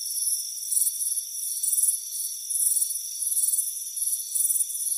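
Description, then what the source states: Crickets trill high in pulsing bursts, layered over a steady thin ringing tone. Warm afternoon, front porch.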